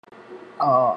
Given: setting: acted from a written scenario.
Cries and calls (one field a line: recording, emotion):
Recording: vocal sound without words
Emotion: sadness